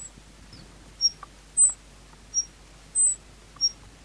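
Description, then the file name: Meadow bunting calls: isolated thin, very high notes spaced unevenly, some short and sharp, others slightly drawn out. Recorded 10 May 1991. "10 05 91 Ecioides IIIb"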